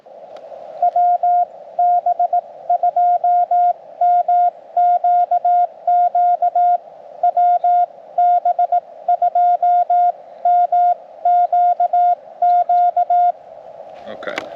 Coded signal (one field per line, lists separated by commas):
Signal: Morse code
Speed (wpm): 18 wpm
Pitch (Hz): 710 Hz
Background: speech, radio noise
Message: WB2MQQ WB2MQQ